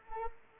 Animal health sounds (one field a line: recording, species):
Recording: mosquito wingbeat signal from an infrared sensor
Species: Anopheles arabiensis